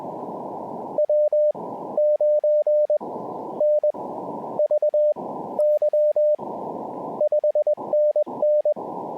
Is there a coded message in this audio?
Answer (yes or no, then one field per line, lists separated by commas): yes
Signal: Morse code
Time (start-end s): 1.0-8.7 s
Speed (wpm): 21 wpm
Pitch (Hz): 600 Hz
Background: none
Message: W9NVY 5NN